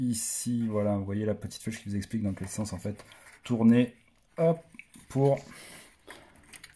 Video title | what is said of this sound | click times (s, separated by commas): TUTO remplacer son processeur (pour les nuls) | vous montre retournée comme ceci donc la flèche est dans le bon sens et là du coup c'est verrouillé | 6.6 s